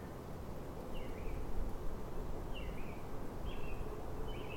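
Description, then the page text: American Robin song, four soft warbled phrases at irregular intervals over a steady low rumble of background noise. Morning song, early morning. "American Robin greets The Morning. Vytautas Bucionis"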